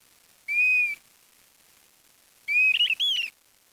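Bird calling with a single steady whistle, then after a gap of about a second and a half a warbled whistled phrase of quick up-and-down slurs.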